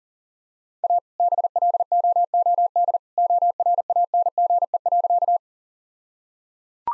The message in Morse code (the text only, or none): A BLOOD ORANGE.